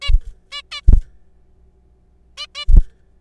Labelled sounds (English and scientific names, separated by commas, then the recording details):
Zebra Finch (Taeniopygia guttata)
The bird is a juvenile
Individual R3428